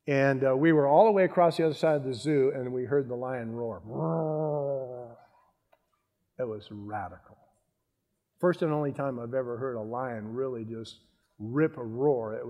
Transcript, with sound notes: and we were all the way across the other side of the zoo, and we heard the lion roar. [roaring] It was radical. The first and only time I’ve ever heard a lion just rip a roar.